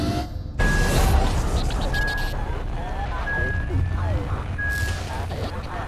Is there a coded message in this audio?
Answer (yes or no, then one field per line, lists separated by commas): no